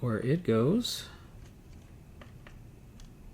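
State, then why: Seated. A plastic part, likely the differential assembly, of a Tamiya 1/24 scale Nissan Z car model kit is pushed into its mounting point on the chassis. Someone talks briefly, then three small sharp ticks are heard at 2.2, 2.5 and 3.0 seconds as the part snaps into place and is seated.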